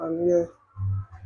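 A rechargeable battery is being fitted onto a content-creation device, its two contact dots lined up with the device's two pins. Someone talks over low voiced sound. Nothing has seated or clicked yet.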